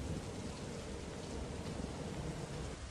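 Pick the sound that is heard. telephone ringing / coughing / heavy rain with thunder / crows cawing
heavy rain with thunder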